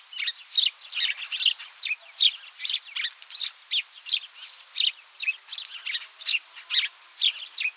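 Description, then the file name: Italian sparrow giving steady sharp chirps, a continuous chattering series of short high notes at a brisk pace, clean background. "Passera Italia"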